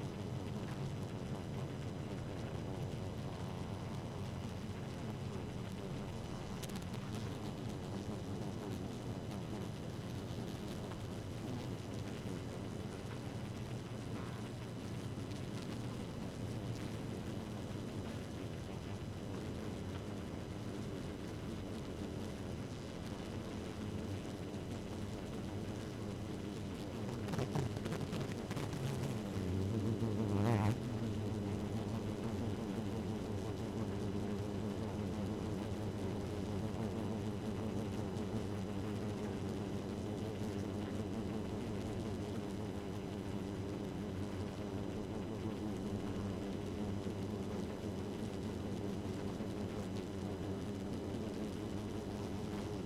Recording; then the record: honeybee colony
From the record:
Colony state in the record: active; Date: 12 June 2018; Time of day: 1:35